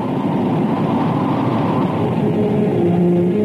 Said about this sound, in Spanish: Se abrazan con fuerza mientras se desencadena un viento huracanado.